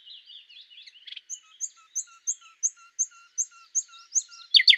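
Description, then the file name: Common nightingale song, a short warble followed by a steady series of high notes with low ticks, ending in a harsh burst. "Luscinia megarhynchos"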